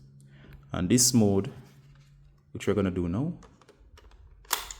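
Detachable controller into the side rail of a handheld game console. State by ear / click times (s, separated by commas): seated / 4.5 s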